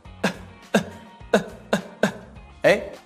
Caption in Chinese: 就是大家呢可以找一找平时我们咳嗽的时候这种感觉啊。稍微的小小的咳一下就可以了。 咳到一半的时候呢停住，这个时候我们发现我们的声带状态是闭合住的。